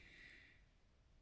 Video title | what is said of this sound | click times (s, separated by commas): STARWARS LEGION UNBOX STARTER EMPIRE | Putain, ça s'emboîte pas. | none